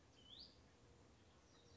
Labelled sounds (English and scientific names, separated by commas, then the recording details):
Hutton's Vireo (Vireo huttoni)
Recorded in Sonoma County, California